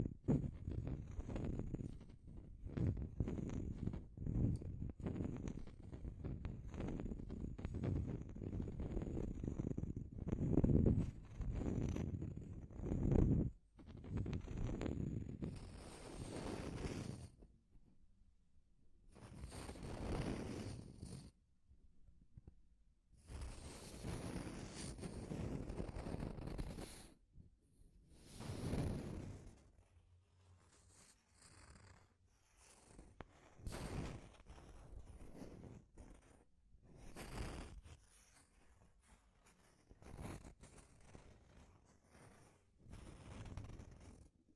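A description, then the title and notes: Deep, rough scratching, dense and continuous for the first fifteen seconds, then breaking into separate rasping strokes with short silences between. Deep Scratching. (No Talking).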